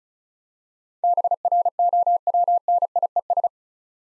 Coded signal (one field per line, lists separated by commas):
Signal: Morse code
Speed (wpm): 36 wpm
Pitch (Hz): 700 Hz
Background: none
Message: BROWNIES